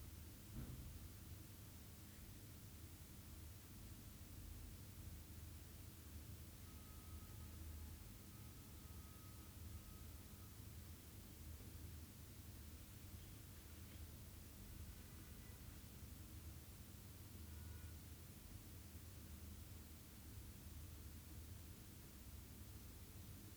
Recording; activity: daily activity, guitar pickup as the sensor; stand